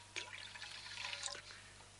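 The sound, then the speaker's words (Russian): Water pours into a vessel with a bright, splashy trickle lasting over a second, broken by a few higher drip-like plinks before it stops; no voices are heard. “Сейчас я воду налью сейчас.”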